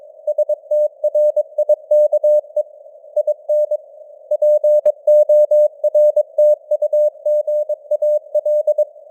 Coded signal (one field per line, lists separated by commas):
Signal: Morse code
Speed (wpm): 22 wpm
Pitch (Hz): 600 Hz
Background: none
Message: STRIKE IN PORTUGAL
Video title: Morse Code News | 2025-12-12 | 22wpm